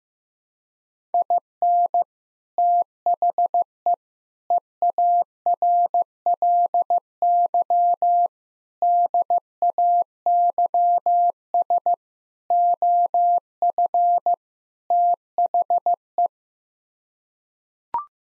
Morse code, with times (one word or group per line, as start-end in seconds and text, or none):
1.1-2.0 IN
2.6-3.9 THE
4.5-8.3 EARLY
8.8-11.9 DAYS
12.5-14.3 OF
14.9-16.3 THE